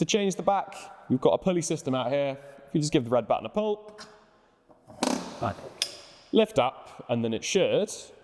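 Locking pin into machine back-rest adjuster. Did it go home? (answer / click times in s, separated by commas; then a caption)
no / none. On a leg curl/extension machine, someone talks while pulling the red button on the back-rest adjuster's pulley system and lifting the back pad so the locking pin can engage. A sharp metallic clank comes at about 5.0 s, but the clip ends before the pin goes home, so nothing has seated or clicked into place yet.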